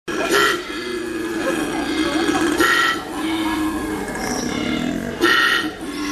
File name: Koala